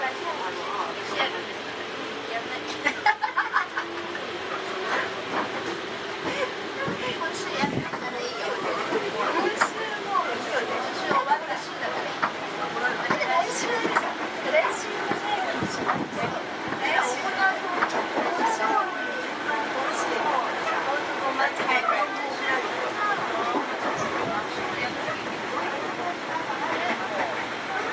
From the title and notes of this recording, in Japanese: 相鉄7000系 横浜ー大和。車体アルミ製20m長の車体。